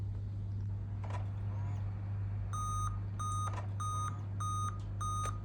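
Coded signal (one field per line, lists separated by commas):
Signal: beep code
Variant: Dell laptop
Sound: five short, evenly spaced electronic beeps after a pause, over a steady low hum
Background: mains hum, faint handling noise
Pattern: 5 short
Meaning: 5 beeps: CMOS battery problem on the motherboard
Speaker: यह देखें यह पांच दफा बीप आई है। लैपटॉप चल गया है लेकिन इसमें बीप आती है।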